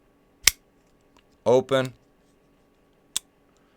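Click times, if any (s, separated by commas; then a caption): 3.2 s. A Ferrum Forge folding pocket knife (an EDC knife) is opened, with a sharp snap at 0.5 s, and then someone talks briefly. The blade is then closed into the handle, where the detent clicks it shut with a crisp, positive click at 3.2 s.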